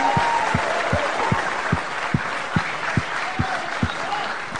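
Loud, thunderous applause from a large audience, a dense wall of clapping that continues for the whole stretch, with a steady low thumping beat pulsing underneath.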